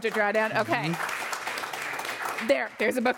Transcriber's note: applause